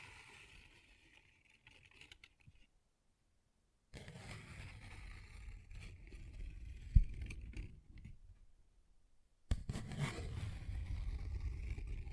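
Paper bag being handled, with soft rustling and light scratching for the first few seconds, then a gap of near silence. Louder crinkling and rubbing resume around four seconds, with one sharp tap near seven seconds, and a fuller, rougher scraping stretch starts at about nine and a half seconds.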